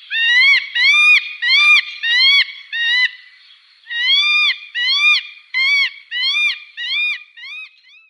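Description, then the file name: Northern goshawk calling: a series of harsh, arched nasal notes, each rising then falling, repeated a little over half a second apart in two bursts with a short pause between. "Duvhok"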